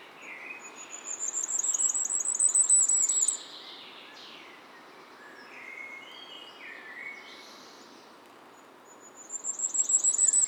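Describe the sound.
Firecrest giving a rapid, very high-pitched string of notes that builds over about two and a half seconds, then starts again near the end; quieter lower bird chirps and a steady background hiss fill the gap.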